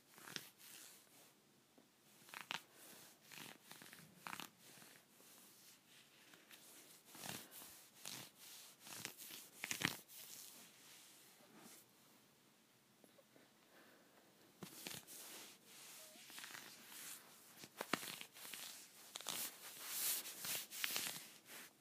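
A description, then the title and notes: Scratchy leggings rubbing, heard as a run of dry, hissy brushing strokes that come in uneven bursts. The scratches are bright and crisp, with a quieter stretch between about 11 and 14 seconds before denser rubbing returns, sharpest around 10 and 18 seconds. ASMR Scratchy Leggings.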